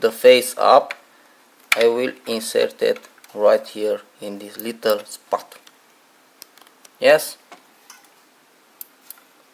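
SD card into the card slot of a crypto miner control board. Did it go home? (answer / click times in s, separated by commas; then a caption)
yes / 8.8 s. Someone talks while pushing a small SD card, face up, into the card slot on a crypto miner's control board. After a few faint ticks and scrapes, the card latches with a sharp click at 8.8 s and is seated.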